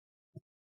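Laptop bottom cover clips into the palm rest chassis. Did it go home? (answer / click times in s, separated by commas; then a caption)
no / none. The plastic bottom cover of an ASUS FX553VD DM056T laptop is being handled onto the palm rest chassis. A single short, low thud is heard around 0.37 s, with silence before and after. Nothing has seated or clicked yet.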